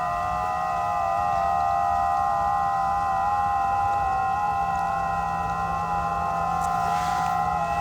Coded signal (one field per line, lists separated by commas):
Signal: FT8